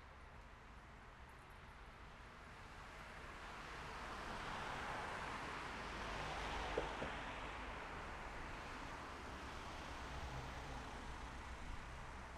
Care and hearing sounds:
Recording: everyday scene through a hearing-aid microphone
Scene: in traffic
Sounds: traffic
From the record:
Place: city secondary road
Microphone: behind the ear, left, front

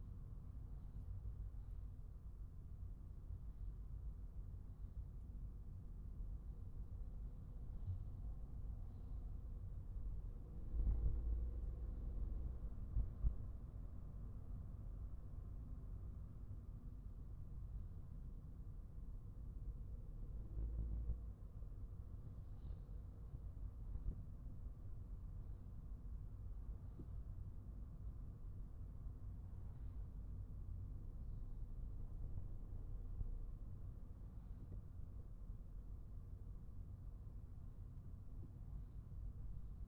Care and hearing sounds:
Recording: everyday scene through a hearing-aid microphone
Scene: in a vehicle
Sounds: engine, traffic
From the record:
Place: Skoda Fabia, gasoline engine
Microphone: behind the ear, right, rear

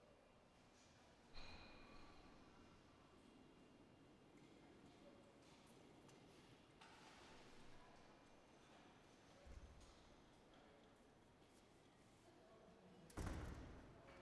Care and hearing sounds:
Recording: everyday scene through a hearing-aid microphone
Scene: reverberant space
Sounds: background noise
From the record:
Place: railway station hall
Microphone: behind the ear, right, front

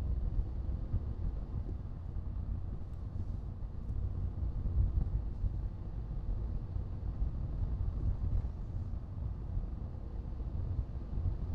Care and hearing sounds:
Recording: everyday scene through a hearing-aid microphone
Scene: in a vehicle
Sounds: engine, rumble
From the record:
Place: Skoda Fabia, gasoline engine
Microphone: in the ear canal, right

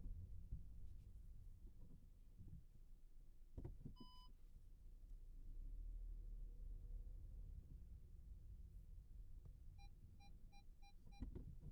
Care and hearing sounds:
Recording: everyday scene through a hearing-aid microphone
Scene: in a vehicle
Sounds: engine, rumble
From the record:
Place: Skoda Fabia, gasoline engine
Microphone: behind the ear, right, front

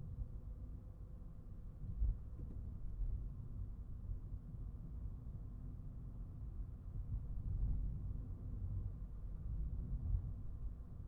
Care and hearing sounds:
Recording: everyday scene through a hearing-aid microphone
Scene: in a vehicle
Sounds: engine, highway traffic jam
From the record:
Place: Skoda Fabia, gasoline engine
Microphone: behind the ear, right, front

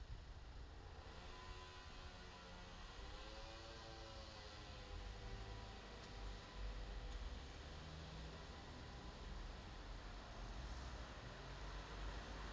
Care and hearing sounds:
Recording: everyday scene through a hearing-aid microphone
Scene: in traffic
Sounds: traffic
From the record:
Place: bus stop on a city main road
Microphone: in the ear canal, left

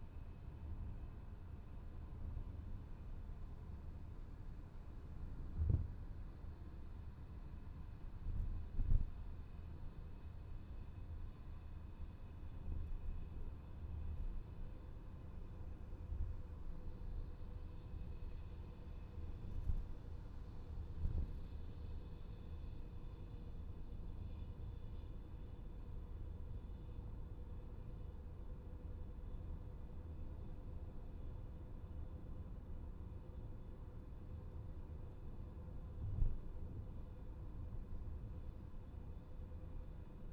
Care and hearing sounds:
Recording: everyday scene through a hearing-aid microphone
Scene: in a vehicle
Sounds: engine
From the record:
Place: VW T5 Caravelle, diesel engine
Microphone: behind the ear, left, front

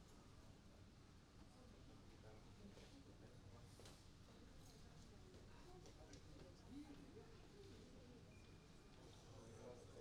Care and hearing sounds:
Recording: everyday scene through a hearing-aid microphone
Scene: many people talking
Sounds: many voices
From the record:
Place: university cafeteria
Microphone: in the ear canal, right

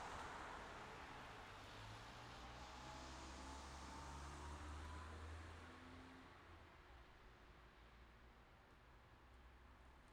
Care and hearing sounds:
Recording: everyday scene through a hearing-aid microphone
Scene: in traffic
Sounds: traffic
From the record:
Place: city secondary road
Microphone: in the ear canal, left

